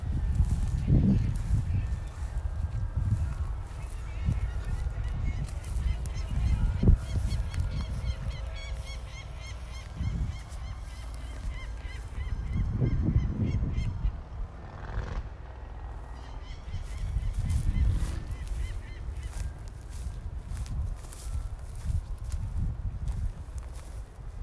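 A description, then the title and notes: Harsh, honking bird calls from a falcon and a hawk come in scattered bursts, clustering around the middle of the recording. A heavy low rumble of wind buffeting the microphone runs throughout, swelling and fading in gusts. Peregrine Falcon fighting with Hawk.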